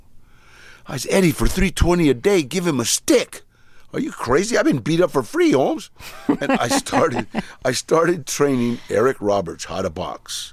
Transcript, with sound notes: I said, Eddie, for 320 a day, give him a stick. Are you crazy? I've been beat up for free, homes.
(Laughter).
And I started training Eric Roberts how to box.